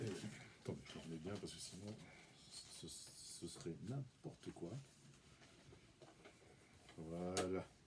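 While repacking the Hammer "13 Cauchemars" Blu-ray box set from Éléphant Films, a disc case or insert is handled and pushed back toward the box set's housing, with soft rubbing and handling noises as someone talks. Nothing has seated or clicked yet by the end of the clip.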